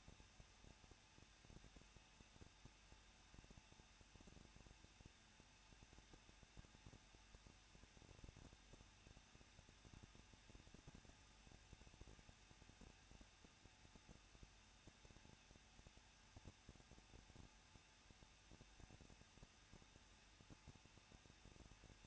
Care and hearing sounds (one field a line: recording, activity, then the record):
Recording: daily activity, microphone in the room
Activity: no activity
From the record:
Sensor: 2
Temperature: 21.0 degrees Celsius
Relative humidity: 37.5%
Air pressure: 1006.3 hPa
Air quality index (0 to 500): 223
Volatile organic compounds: 25 ppm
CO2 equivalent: 2833 ppm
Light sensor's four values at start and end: 2/3/2/2 and 2/3/2/2